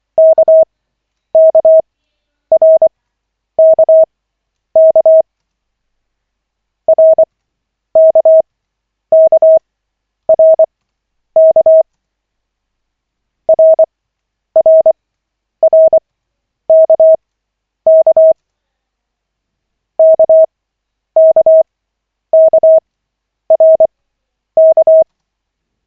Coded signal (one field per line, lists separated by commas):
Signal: Morse code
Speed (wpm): 24 wpm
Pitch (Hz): 640 Hz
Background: none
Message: KKRKK RKKRK RRRKK KKKRK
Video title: Koch 5/40, 25.12.2024, 2nd CW practice session